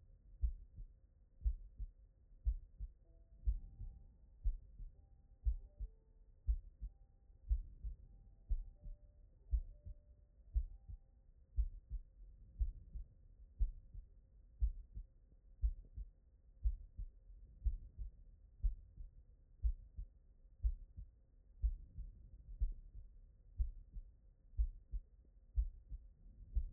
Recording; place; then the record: heart sounds by stethoscope; tricuspid valve (TV)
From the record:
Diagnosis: non-HFrEF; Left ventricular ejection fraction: 46%